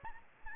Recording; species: mosquito wingbeat signal from an infrared sensor; Aedes albopictus